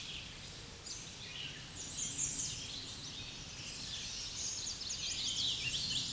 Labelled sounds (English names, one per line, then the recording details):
American Redstart song
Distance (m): 50 m
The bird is about 20 m above the microphone
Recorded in a Pennsylvania forest on 16 May 2024 at 06:24
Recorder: AudioMoth, point MSD-1411
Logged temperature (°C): 16.1 °C
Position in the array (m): 32 m, 227 m